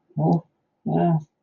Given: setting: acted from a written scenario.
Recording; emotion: vocal sound without words; embarrassment